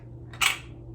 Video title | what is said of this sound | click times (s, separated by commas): 🛒🤯 50% OFF Everything at the DISCOVERY SHOP! 😮 👉THRIFT WITH ME to see what I found! 👀🌼 | clips right on | 0.3 s